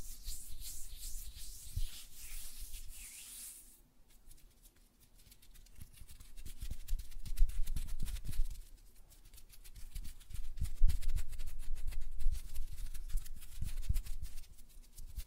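Fingers tap and flutter on nails and hands in quick, irregular clusters of small clicks and soft thumps, busiest from about 6 to 9 seconds and again from 10 to 15. A bright, hissing rustle fills the first four seconds before stopping abruptly.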